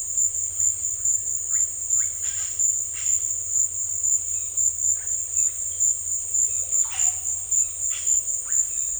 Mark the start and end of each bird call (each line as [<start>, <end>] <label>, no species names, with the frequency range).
[1.48, 1.62] bird call (1.0-3.0 kHz)
[1.96, 2.09] bird call (0.9-2.8 kHz)
[4.32, 4.50] bird call (2.1-4.4 kHz)
[5.35, 5.54] bird call (1.9-4.4 kHz)
[6.48, 7.14] bird call (0.5-4.3 kHz)
[7.89, 8.04] bird call (1.1-4.0 kHz)
[8.42, 8.57] bird call (0.8-2.7 kHz)